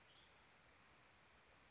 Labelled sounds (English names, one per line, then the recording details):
Western Tanager
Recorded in Sonoma County, California